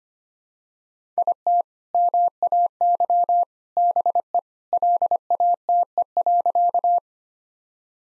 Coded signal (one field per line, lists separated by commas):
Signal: Morse code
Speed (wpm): 25 wpm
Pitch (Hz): 700 Hz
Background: none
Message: IT MAY BE LATE.